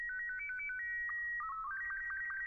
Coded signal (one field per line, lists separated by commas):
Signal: SSTV (slow-scan television)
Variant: Robot 24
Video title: Duna SSTV hill location via rover